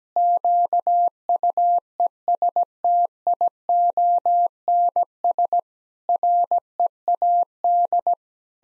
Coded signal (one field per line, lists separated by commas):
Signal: Morse code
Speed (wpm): 17 wpm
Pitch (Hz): 700 Hz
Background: none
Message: QUESTIONS READ